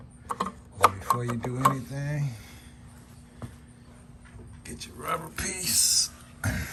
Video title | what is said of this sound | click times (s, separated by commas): RYKER 2022-2019 Light Upgrade | right to click it back in there and get it tight back in before | 0.3 s, 0.4 s, 0.8 s